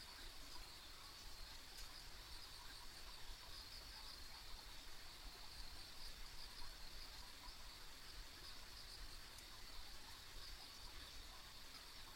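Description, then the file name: Insects sing a continuous high, shimmering trill over quiet low rumble. Ambient insect sounds on a country road. "田舎道の虫の環境音"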